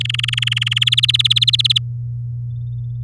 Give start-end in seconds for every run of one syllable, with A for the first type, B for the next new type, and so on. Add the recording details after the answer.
0.00-0.79 A, 0.81-1.78 B. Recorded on 7 May 2018 at 10:32. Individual llb16